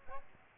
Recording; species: mosquito wingbeat signal from an infrared sensor; Aedes albopictus